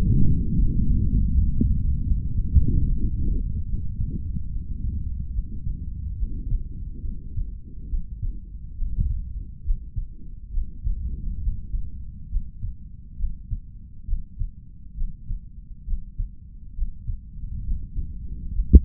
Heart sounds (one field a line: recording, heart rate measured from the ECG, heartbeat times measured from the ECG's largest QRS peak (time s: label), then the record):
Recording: heart sounds by stethoscope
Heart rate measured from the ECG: 70 bpm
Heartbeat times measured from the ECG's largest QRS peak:
0.56 s: heartbeat
1.32 s: heartbeat
2.06 s: heartbeat
2.85 s: heartbeat
3.66 s: heartbeat
4.49 s: heartbeat
5.32 s: heartbeat
6.16 s: heartbeat
7.01 s: heartbeat
7.88 s: heartbeat
8.75 s: heartbeat
9.63 s: heartbeat
10.51 s: heartbeat
11.41 s: heartbeat
12.29 s: heartbeat
13.16 s: heartbeat
14.05 s: heartbeat
14.94 s: heartbeat
15.84 s: heartbeat
16.74 s: heartbeat
17.64 s: heartbeat
18.52 s: heartbeat
From the record:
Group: healthy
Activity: Valsalva maneuver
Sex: male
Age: 55 years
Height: 167 cm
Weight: 57.2 kg